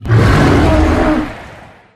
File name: black bear